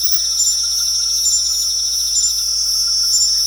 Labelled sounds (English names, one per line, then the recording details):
none
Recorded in pastures near Puerto Asís, Putumayo, Colombia, on 4 March 2025 at 21:30
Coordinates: 0.497, -76.327
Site G072